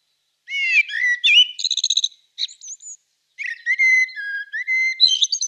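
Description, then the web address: Eurasian blackbird singing: rich fluting whistles break into high squeaky twittering, then after a pause a second mellow whistled phrase ends with thin high notes. "Schulze Peter Eurasian Blackbird"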